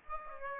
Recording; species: mosquito wingbeat signal from an infrared sensor; Aedes aegypti